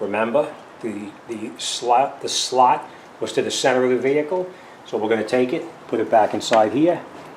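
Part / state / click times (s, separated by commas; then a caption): tail light housing tab into body slot / not seated / none. Someone talks while handling the tail light housing of a 2002-2006 Honda CR-V, lining up its plastic tab with the slot on the vehicle body to put it back in. Nothing has seated or clicked yet; the clip ends just before the part goes home.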